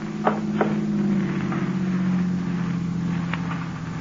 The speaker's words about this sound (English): Uh-oh. Car coming. Better douse these candles.